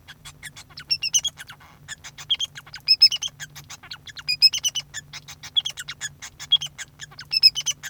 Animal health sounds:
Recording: song of a male Bengalese finch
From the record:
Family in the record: son of father 2

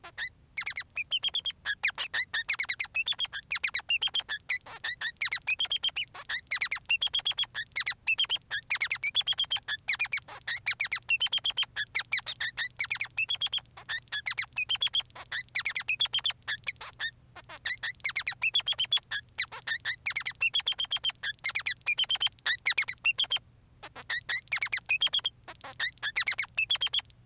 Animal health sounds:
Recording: song of a male Bengalese finch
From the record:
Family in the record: son of father 3

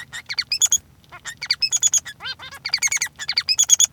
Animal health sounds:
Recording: song of a male Bengalese finch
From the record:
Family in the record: son of father 3

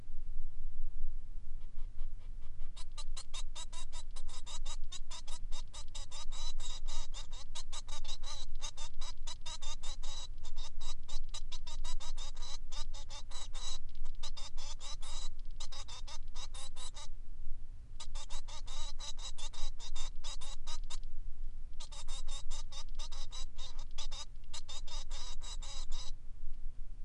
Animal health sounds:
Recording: song of a male Bengalese finch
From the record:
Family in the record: son of father 3

